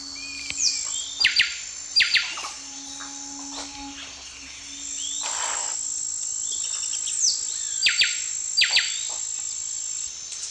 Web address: Natures Songs S America Eastern Lowlands Cantorchilus leucotis, song